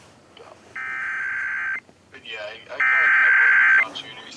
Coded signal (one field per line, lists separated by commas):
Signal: Emergency Alert System (SAME) tones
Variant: header bursts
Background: speech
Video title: Oregon's RMT (EAS #3299-3304)